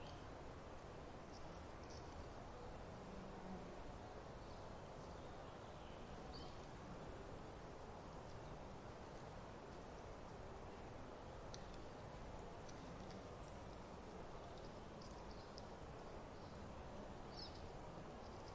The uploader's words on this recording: Midday At Trout Creek Campground. Set up near a still-water riparian area. This being the Cascade Mountains range, there was plenty of distant water wash everywhere, from small rivers and streams to snowmelt runoff. The non-riparian portion of the forest here was filled with typical Cascades’ evergreens such as Douglas Fir, Spruce, and the like.